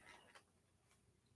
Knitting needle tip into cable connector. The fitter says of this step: Oh, you get a click, yeah.